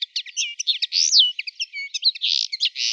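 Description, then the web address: Common linnet giving a fast, twittering run of high chirps, buzzy notes and slurred whistles, with one longer descending whistle near the middle. "Carduelis cannabina"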